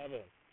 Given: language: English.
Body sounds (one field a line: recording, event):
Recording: throat vibration sensor signal played as sound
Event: speech